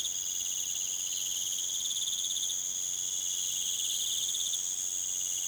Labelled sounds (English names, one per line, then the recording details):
none
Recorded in pastures near Puerto Asís, Putumayo, Colombia, on 30 June 2025 at 21:30
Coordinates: 0.486, -76.323
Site H29